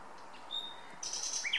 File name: Luscinia megarhynchos